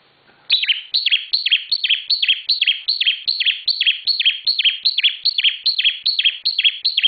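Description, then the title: Bar-winged prinia song: a long, even series of bright, downward-sweeping chirps, roughly two and a half per second, beginning after a brief quiet moment. Singing described as 'semi super gacor'. "Ciblek Semi Super Gacor"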